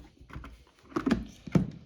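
A visor is fitted to the side mount of a NEXX X.WED 3 helmet, with its inner pin set into the slot on the side mechanism, the release button pressed, and the visor pushed in and let go. Soft handling taps around 0.3–0.4 s lead into a cluster of sharp plastic clicks, with the main snap at 1.1 s, followed by another click near 1.6 s. The visor seats into place.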